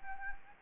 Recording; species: mosquito wingbeat signal from an infrared sensor; Anopheles arabiensis